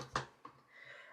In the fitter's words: now after that you're just gonna make sure that this piece does click into place like that